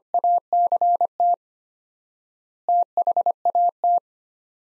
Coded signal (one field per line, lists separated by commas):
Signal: Morse code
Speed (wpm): 25 wpm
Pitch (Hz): 700 Hz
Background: none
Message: ACT THAT